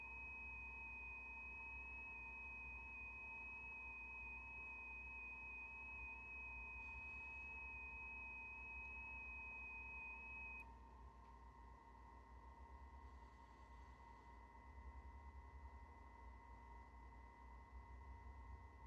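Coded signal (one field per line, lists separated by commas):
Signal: FT8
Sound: a single steady high tone with slight pitch steps for ten seconds, then fainter tone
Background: hum and steady 1 kHz tone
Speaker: And what it's doing is waiting for the transmit slot.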